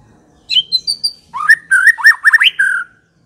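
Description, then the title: White-rumped shama song: a few high clear whistles followed by a quick sequence of rising and falling slurred notes ending in a sustained whistle. Aggressive White-rumped shama song used as a lure to provoke a fighting bird. "Pancingan Murai Batu Galak"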